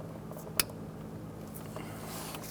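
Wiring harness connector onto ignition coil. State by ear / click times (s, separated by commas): seated / 0.6 s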